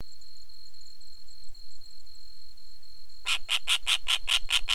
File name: Elanus Scriptus